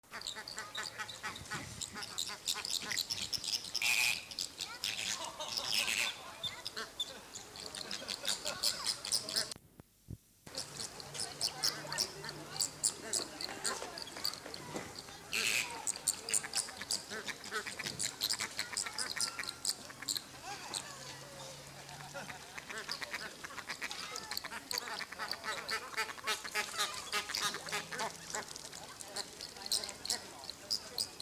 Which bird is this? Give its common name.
Chilean Flamingo